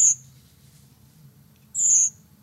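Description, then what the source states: Redwing calls: two thin, high, slightly drawn-out seeip notes, over a faint low hum. Thin call of this thrush, heard at night in the dark in October and November.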